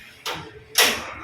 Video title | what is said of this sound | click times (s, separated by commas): HPE ProLiant Server DL380 Gen10 Server Unboxing & Rail kit Installation | move பண்ணிட்டீங்கன்னா lock ஆயிடும் இப்ப வெளில வந்தா எடுக்க முடியாது | 0.8 s